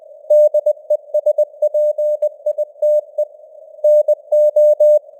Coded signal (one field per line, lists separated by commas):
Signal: Morse code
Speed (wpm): 20 wpm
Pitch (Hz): 600 Hz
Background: none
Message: DESPITE NO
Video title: Morse Code News | 2025-12-20 | 20wpm